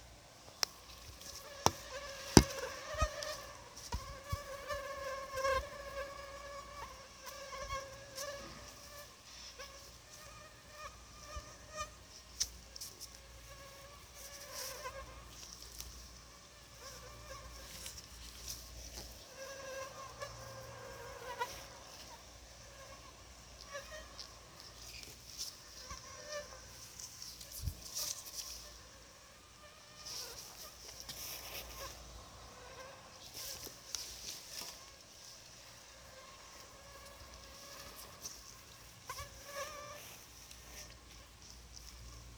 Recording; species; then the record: mosquito flight sound by mobile phone; Anopheles gambiae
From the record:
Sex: female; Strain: RSP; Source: CDC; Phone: Sony Xperia